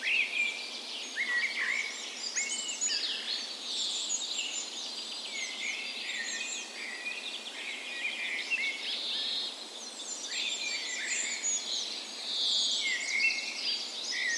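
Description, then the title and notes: Dawn chorus of birds: several species singing at once, bright trills and sharp chirps layered steadily throughout, with a soft background hiss. Spring dawn chorus on the morning of 17 May, Norway's National Day, in a park west in Bergen, Norway; recorded with a Sony PCM A10 and LOM Micro Usi microphones as tree ears. "17th Of May Dawn Chorus. Recorded on the morning of Norways National Day the 17th of May in a park west in Bergen. Spring is in full effect, and the dawn chorus sounds wonderful!"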